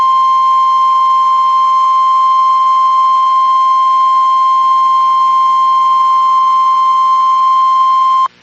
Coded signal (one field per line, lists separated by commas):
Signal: Emergency Alert System (SAME) tones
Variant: 1050 Hz attention tone